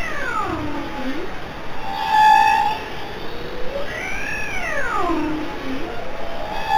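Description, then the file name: Whale calls: a falling tonal sweep, a steady mid-pitched whine around two seconds, then a long arching moan that rises and dips, all above continuous low rumbling noise. "baleine"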